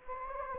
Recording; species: mosquito wingbeat signal from an infrared sensor; Anopheles gambiae